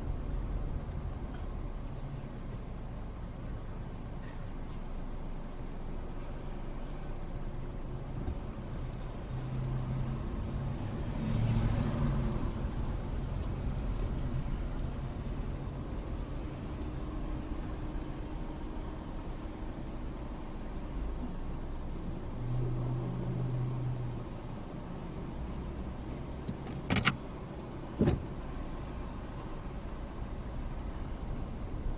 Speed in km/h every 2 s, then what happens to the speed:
0, 0, 0, 0, 0, 8, 8, 6, 3, 2, 0, 0, 0, 0, 2, 3.
0-8 standing. 8-10 pulls away to 8. 10-18 slows to 2. 18-29 standing.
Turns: none.